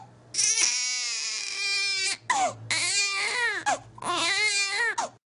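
An infant crying in three long, high-pitched wails separated by brief breaths for air.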